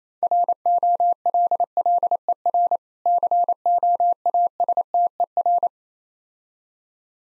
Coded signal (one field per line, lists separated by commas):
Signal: Morse code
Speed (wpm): 29 wpm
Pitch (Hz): 700 Hz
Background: none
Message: ROLLER COASTER